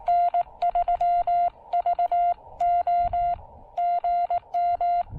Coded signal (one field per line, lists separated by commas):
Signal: Morse code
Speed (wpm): 20 wpm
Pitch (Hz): 690 Hz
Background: none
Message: N3VO GM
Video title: A Solar-Powered POTA Activation with the BuddyPole PowerMini 2 charge controller